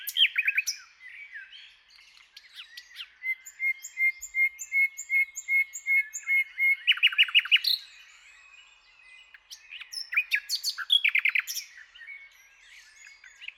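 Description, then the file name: Common nightingale song with scratchy opening notes, then a long series of evenly spaced whistled pips building into loud rapid trills, followed by more varied chattering phrases. "Luscinia megarhynchos"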